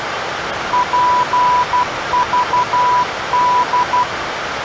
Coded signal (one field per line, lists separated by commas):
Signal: Morse code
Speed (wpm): 12 wpm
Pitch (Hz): 990 Hz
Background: none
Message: PVD